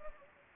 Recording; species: mosquito wingbeat signal from an infrared sensor; Anopheles gambiae